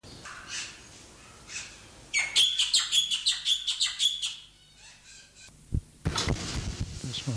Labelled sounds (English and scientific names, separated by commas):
Black-winged Starling (Acridotheres melanopterus) song